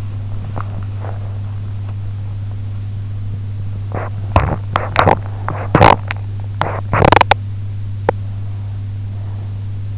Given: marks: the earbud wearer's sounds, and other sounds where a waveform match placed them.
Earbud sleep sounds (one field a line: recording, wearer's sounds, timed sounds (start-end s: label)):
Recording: sounds in sleep by an in-ear microphone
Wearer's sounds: teeth grinding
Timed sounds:
0.00-1.99 s: teeth grinding
3.55-8.52 s: teeth grinding